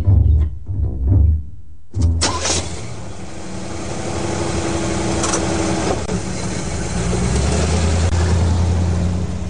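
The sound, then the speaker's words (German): A bus engine rumbles in low uneven bursts, then settles into a steady, loud idling roar, with a sustained, flat horn tone sounding over it for several seconds. “aber Annabella wartet und hupt da nicht Ihr Bus?”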